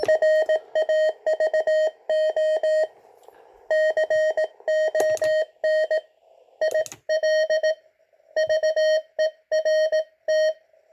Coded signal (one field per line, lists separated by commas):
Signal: Morse code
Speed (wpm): 18 wpm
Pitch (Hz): 620 Hz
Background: none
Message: RAVO CON IL VERT